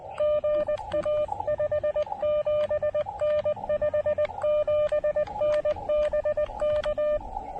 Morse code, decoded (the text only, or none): GA 57N 57N BK